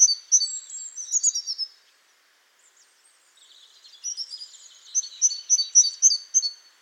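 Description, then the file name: Great tit calls: loud high chirps for nearly two seconds, a brief lull, then softer notes building into another quick chirping series. "Parus major"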